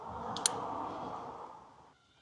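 A headlight or turn-signal wiring connector on a 2025 Toyota RAV4 XLE HEV is plugged back into its socket after a DRL install. A faint click at 0.4 s is followed by a sharp plastic click at 0.5 s over a steady low hum that fades out, and the connector clicks in and seats.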